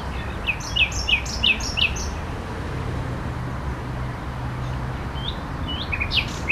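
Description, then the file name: Common nightingale song opening with a run of repeated, clear piping notes, then quieter high notes after a pause; low background hum throughout. La Vavrette, 14 May 2016; recorded on an MZ-N 710 recorder. "Rossignol la Vavrette 14 05 16"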